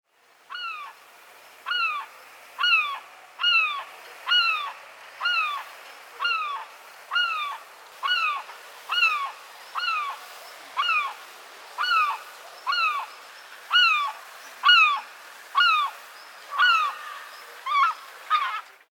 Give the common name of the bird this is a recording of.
European Herring Gull